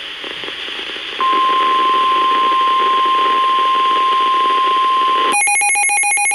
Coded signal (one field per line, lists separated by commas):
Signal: Emergency Alert System (SAME) tones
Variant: 1050 Hz attention tone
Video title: Severe Thunderstorm Warning - 05/19/22 (EAS #2,489)